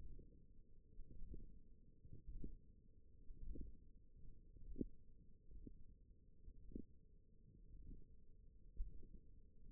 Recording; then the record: forearm muscle sounds (acoustic myography)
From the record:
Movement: ulnar deviation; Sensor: system 1, eight BSWA MPA416 microphones around the upper forearm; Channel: 1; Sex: female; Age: 20 years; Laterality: right